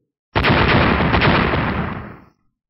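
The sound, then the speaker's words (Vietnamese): Three explosions from lightning arcs striking burst in suddenly and roar for about two seconds as a dense, crackling rumble, then taper off into quiet. No voices accompany it. “Ba tiếng nổ vang lên, thanh niên và đại hán đồng thời bị ngũ sắc điện hồ cùng bạch quang bao phủ vào trong.”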